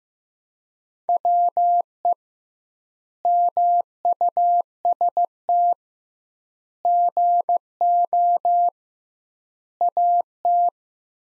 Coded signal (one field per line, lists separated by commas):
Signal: Morse code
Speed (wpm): 15 wpm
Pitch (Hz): 700 Hz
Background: none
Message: WE MUST GO AT